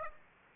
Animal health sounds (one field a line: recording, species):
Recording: mosquito wingbeat signal from an infrared sensor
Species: Aedes aegypti